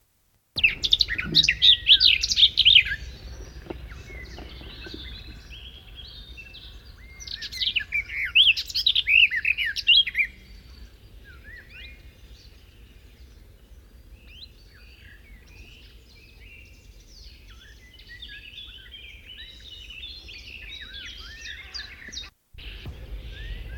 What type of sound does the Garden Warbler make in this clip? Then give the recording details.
song. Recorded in the wild. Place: Putbus, Insel Rügen, Mecklenburg-Vorpommern, DE. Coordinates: 54.355, 13.467. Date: 1971-05-27. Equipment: Nagra III BH, Sennheiser MD 21, parabola. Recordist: Schubert, Michael. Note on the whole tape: Gesang Gartengrasmücke